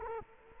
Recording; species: mosquito wingbeat signal from an infrared sensor; Culex quinquefasciatus